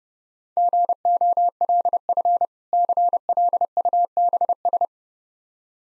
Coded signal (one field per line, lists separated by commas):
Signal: Morse code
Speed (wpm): 30 wpm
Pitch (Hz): 700 Hz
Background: none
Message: GOLF CLUBS